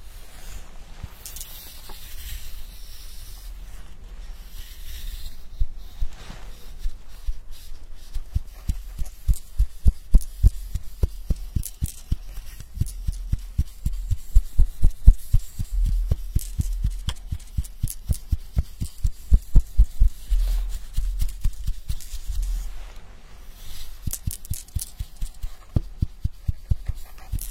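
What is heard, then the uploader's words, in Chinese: Sounds of a hair wash and scalp massage: soft rustling and brushing against the hair, then from about eight seconds a quick, steady run of dull taps and thumps that keeps going, easing off briefly near twenty-three seconds before resuming. A low rumble sits underneath. 沉浸式洗头体验 & 头皮按摩。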